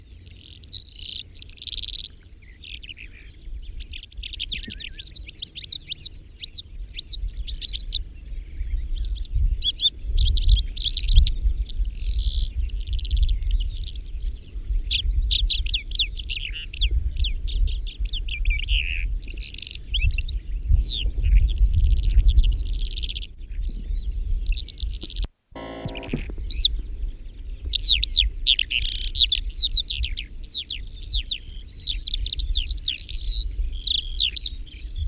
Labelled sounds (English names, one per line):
Calandra Lark song